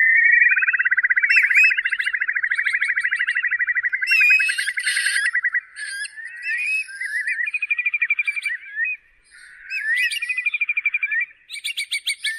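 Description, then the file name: Curlew bubbling trill, a long rapid warble repeated in bursts. Curlews labelled mỏ cong biển, choắt mỏ cong and rẽ mỏ cong. "tieng chim moc cong bien choat mo cong re mo cong"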